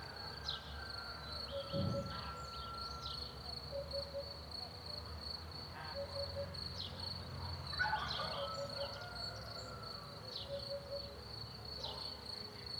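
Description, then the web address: Sparse birdsong: short chirps and two long drawn whistles, a single low thump, and a continuous high steady tone throughout. Morning chorus in a rural countryside zone; quad four-channel recording. "Sonniss com - GDC 2019-Game Audio Bundle Borys Peter - Rural zone countryside bird morning chorus"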